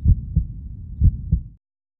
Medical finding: Heartbeat.